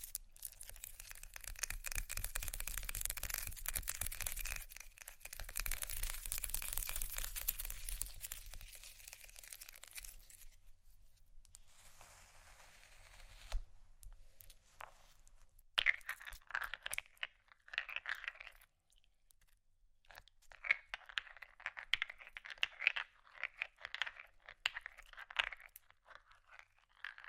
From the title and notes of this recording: ASMR fast Ice Tapping, Scratching, Rolling (No Talking).